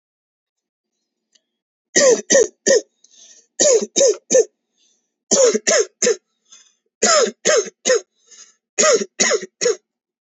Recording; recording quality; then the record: shallow voluntary cough; excellent, no background noise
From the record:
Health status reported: healthy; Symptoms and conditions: none ticked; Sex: male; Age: 22 years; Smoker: not ticked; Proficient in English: yes